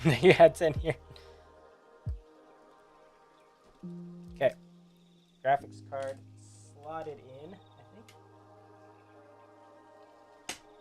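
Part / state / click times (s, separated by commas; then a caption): graphics card into motherboard PCIe slot / seated / 10.5 s. Someone talks over background music while a graphics card is pushed into a motherboard PCIe slot. The slot's retention latch gives a sharp click at 10.5 s, and the card is confirmed seated.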